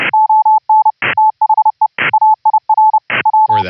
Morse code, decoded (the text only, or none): ON THE AIR W